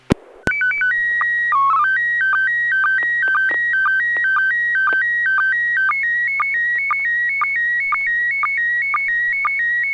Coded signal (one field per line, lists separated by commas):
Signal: SSTV (slow-scan television)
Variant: PD 120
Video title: N6NA SSTV Net - 11/30/2022